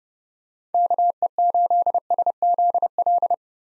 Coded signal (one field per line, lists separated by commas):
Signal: Morse code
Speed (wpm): 32 wpm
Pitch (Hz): 700 Hz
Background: none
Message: KE8SZL